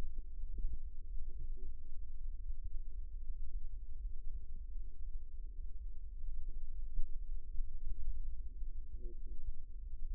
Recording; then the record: forearm muscle sounds (acoustic myography)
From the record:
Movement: rest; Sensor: system 2, bracelet of six BSWA MPA416 microphones around the upper forearm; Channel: 6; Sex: female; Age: 21 years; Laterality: right